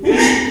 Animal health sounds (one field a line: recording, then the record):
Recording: squeal of a Yucatan mini pig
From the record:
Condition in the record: after surgery on the right vocal fold (resection and tissue-engineered implant)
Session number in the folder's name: 4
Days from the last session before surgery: 42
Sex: male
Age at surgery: 12 weeks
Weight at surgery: 13 kg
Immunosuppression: cyclosporine, prednisolone